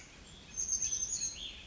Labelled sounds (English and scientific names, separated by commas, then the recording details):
Cassin's Vireo (Vireo cassinii)
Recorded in Sonoma County, California